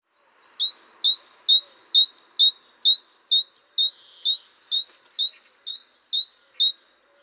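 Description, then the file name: Great tit song, one long unbroken run of clear two-note phrases, high then lower, repeated about twice a second for over six seconds. "Parus major"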